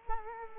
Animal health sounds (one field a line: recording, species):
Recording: mosquito wingbeat signal from an infrared sensor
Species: Culex quinquefasciatus